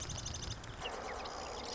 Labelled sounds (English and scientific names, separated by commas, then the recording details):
Marsh Wren (Cistothorus palustris)
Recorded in Sonoma County, California